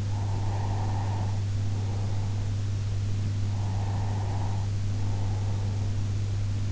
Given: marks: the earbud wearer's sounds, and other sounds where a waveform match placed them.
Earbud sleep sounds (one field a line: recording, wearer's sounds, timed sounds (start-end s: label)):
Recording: sounds in sleep by an in-ear microphone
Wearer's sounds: breath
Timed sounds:
0.15-2.74 s: breath
3.65-6.17 s: breath